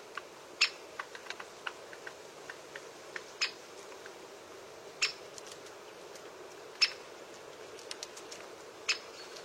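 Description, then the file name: Great spotted woodpecker uttering scattered sharp kik notes every one to three seconds, mixed with faint clicks and a constant soft background hiss. "Canto do pica pau malhado grande"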